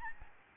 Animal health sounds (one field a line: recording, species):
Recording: mosquito wingbeat signal from an infrared sensor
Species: Aedes albopictus